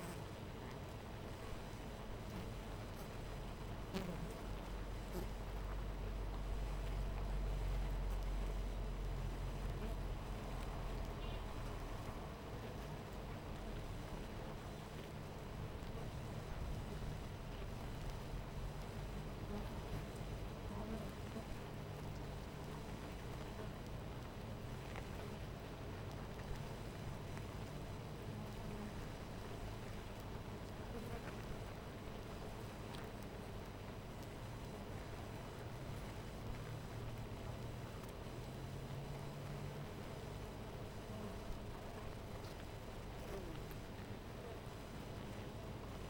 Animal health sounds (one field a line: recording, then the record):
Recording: honeybee colony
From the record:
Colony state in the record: missing queen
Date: 14 July 2017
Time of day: 13:24